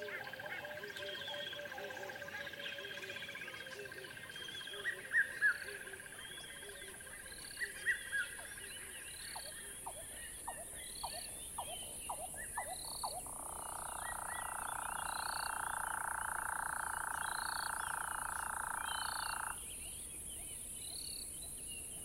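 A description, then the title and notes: A savanna ambience of steady insect buzz and scattered bird chirps, with a loud continuous trilling insect from about 13 to 19 seconds. Southern African Ambience is a collection of rich and immersive savanna ambiences, recorded by George Vlad and Daan Hendriks in the north of South Africa, just on the border with Botswana.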